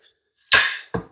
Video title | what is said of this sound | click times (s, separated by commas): Unboxing Sig Sauer Cross Carbon Barrel. Whats inside & first impressions review. | and snap it back into place. | 0.5 s